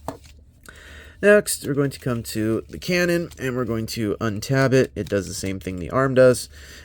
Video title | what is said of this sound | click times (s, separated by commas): Baiwei TW-1028 - KO Transformers Studio Series Leader Shockwave. | until you hear it kind of thoop into place, and then it'll be good to go. | 0.1 s